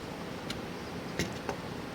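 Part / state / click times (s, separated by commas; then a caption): graphics card into motherboard PCIe slot / not seated / none. A graphics card is handled at a motherboard PCIe slot before being pushed in until its retention latch clicks. Faint handling taps come at about 0.5 s, 1.2 s (the loudest) and 1.5 s over a steady low hiss. Nothing has seated or clicked yet.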